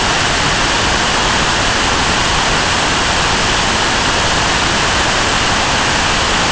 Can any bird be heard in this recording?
no